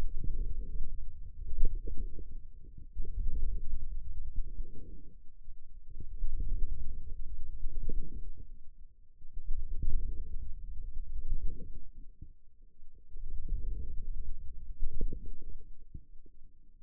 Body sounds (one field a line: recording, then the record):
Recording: forearm muscle sounds (acoustic myography)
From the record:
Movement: radial deviation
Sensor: system 2, bracelet of six BSWA MPA416 microphones around the upper forearm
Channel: 2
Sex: male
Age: 22 years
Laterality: right